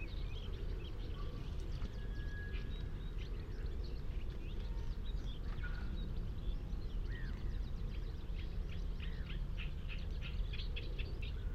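Marshland in Kent on a May afternoon, with a steady low rumble filling the background throughout. Small birds chirp and twitter on and off above it, growing busier with quick, repeated bright calls over the last few seconds.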